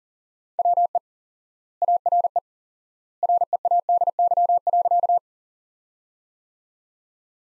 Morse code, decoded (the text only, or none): WE ARE READY.